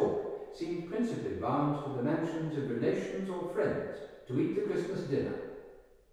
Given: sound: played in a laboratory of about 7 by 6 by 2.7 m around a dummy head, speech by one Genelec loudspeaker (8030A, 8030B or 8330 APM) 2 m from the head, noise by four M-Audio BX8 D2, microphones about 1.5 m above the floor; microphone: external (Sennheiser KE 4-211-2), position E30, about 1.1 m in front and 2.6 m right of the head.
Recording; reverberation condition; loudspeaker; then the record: male speech in English; high; 150 degrees to the right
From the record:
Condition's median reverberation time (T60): about 1300 ms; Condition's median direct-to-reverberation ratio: about -4.0 dB